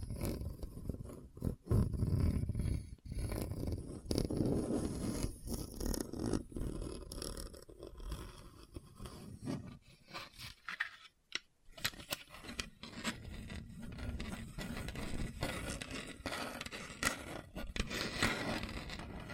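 Scratching over a hard, bumpy surface, rough and uneven, with dense gritty strokes and frequent sharp clicks and knocks throughout. A low rumbling underlayer runs beneath. Around eleven seconds the scraping drops out briefly into near silence before resuming, lighter and steadier.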